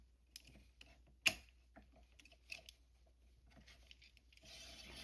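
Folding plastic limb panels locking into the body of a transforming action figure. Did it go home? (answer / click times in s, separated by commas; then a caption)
no / none. Folding plastic limb panels of a transforming action figure are folded inward and pushed into its body. Several small plastic taps are heard, the loudest around 1.3 s, with a steady hiss in the last second. No clear click is heard, so nothing has seated or clicked yet.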